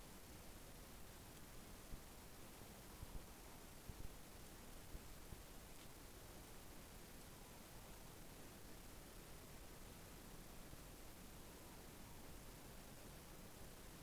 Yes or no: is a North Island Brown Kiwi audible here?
no